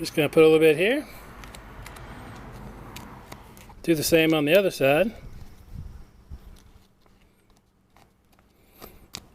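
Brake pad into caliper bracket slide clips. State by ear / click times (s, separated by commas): seated / 9.1 s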